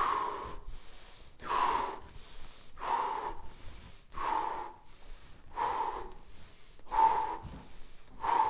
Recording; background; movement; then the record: deep breathing; quiet; walking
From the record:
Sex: male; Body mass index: 22.0 kg/m2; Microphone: on the chest, facing outward